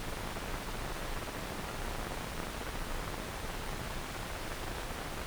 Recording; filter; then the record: brain microelectrode recording played as sound; wide band, above 20 Hz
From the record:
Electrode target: subthalamic nucleus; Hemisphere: left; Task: reaching with the right hand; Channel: 1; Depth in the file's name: 1.267 mm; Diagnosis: Parkinson's disease